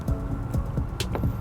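On a 2013 Kia Soul trailer wiring install, a plastic 4-flat trailer connector is pushed through its mounting bracket and rocked back and forth over a steady low hum with soft, low thumps. Its grooves snap into place with two sharp clicks at 1.0 and 1.2 seconds, and the connector is seated in the bracket.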